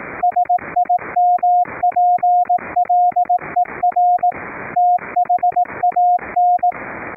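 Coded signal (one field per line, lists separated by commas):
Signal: Morse code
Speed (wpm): 18 wpm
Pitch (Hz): 710 Hz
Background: radio noise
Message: SIMPLER THAN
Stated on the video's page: CW sent over a LAN via NETJACK1 audio-over-IP to a remote rig, keyed by an audio-derived PTT circuit using RECRI keyer software.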